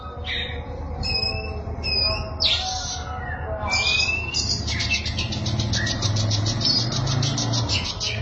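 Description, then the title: Oriental magpie-robin song of clear whistles, then a rapid repeated rattling series, over a constant low rumbling background. Chirping song (kicauan) of the bird. "Suara Kicauan Burung Kacer Durasi Panjang"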